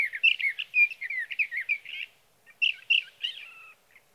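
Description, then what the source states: Sage thrasher song, a fast run of warbled, slurred notes around mid pitch, a short pause, then a few more varied phrases. Male singing near his night roost through the night, from the evening of June 12 to the morning of June 15, 2018, Sierra Valley, California; Swift recorder.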